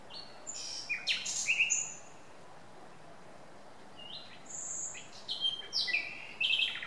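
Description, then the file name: Common nightingale song with varied phrases: clear whistles, sliding notes and short chattering bursts, broken by a brief quiet gap midway. "Luscinia megarhynchos"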